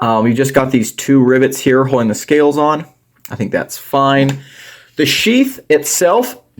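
Someone talks while handling a QSP Canary XL fixed-blade knife, whose scales are held on by two rivets, and its molded sheath. The knife has not yet been pushed home, so nothing has seated or clicked yet. Only a faint, brief sound is heard at the very end.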